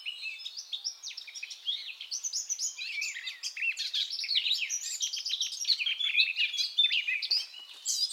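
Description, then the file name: Eurasian blackcap song, a continuous fast scratchy warble of varied chirps and short whistles, mostly high-pitched, running without pause through the whole stretch. "Sylvia atricapilla"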